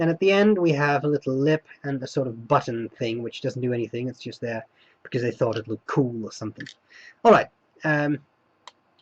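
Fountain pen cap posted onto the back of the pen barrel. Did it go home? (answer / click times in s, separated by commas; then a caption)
yes / 8.7 s. Someone talks, then the metal cap of a Platignum Studio fountain pen is pushed onto the back end of the barrel to post it. The cap clicks into place at 8.7 s, seating on the barrel end, though it does not post very tightly.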